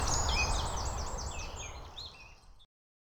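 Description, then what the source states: Bird song, a short run of quick twittering notes that fades away to silence after under three seconds, over a low rumble. Birdsong on Cadbury Hill.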